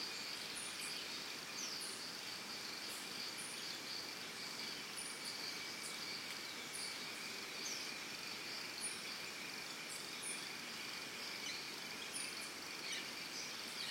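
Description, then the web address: Cricket chorus making a continuous high-pitched trill, with brief sharp high notes dropping in every second or two throughout. Early morning in a Costa Rica forest. "Big Room Sound Birds Crickets Costa Rica Early Morning"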